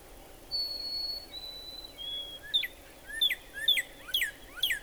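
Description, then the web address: Northern cardinal song: a few long, steady whistles, each slightly lower than the last, then a rhythmic run of quick falling slurred notes. "birdsongforthecurious Northern Cardinal"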